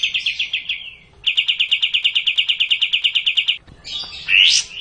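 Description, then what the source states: Cililin giving two quick repeated-note trills separated by a brief gap, ending with a burst of high, sweeping notes. Song in the kapas tembak style.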